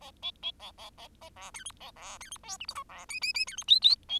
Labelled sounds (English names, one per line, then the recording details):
Bengalese Finch song
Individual Bird10